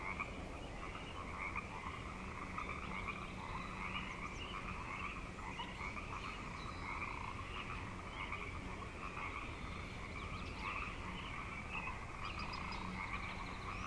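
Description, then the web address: Dense frog chorus, unbroken trilling croaks layered in two pitches, with scattered faint high calls above. Frog chorus at Grafton Lake, recorded 3 May 2009. "The Frog Chorus Tunes Up On Grafton Lake frogs 090503"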